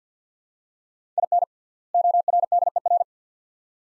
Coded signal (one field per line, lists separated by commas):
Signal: Morse code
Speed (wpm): 50 wpm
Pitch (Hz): 700 Hz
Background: none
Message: IN ORDER